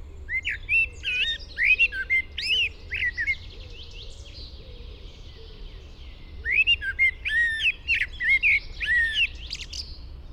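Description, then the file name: Common blackbird singing two phrases separated by a pause, each a run of rich warbled whistles ending in thin high twittering, over a steady low hum. "Turdus merula"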